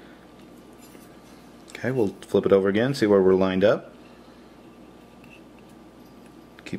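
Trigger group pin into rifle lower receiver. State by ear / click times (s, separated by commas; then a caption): seated / 6.6 s. A trigger group pin on an AR-15 is pushed and wiggled by hand through the rifle's lower receiver and trigger group without any tool. Someone talks from about 1.7 to 3.8 seconds, and then small handling sounds follow. The pin pops into place with a sharp click at 6.6 seconds.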